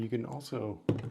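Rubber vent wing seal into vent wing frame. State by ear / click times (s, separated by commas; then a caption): not seated / none. A rubber vent wing seal is being handled for pressing at its center into the metal vent wing frame of a vintage Type 3 van. Someone talks while soft handling sounds are heard, and nothing has seated or clicked yet.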